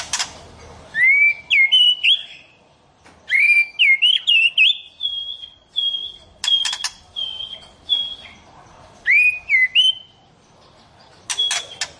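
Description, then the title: White-rumped shama song: clear rising whistles and sustained pure notes, broken by crisp clicks and brief pauses. "Kicau Murai Batu"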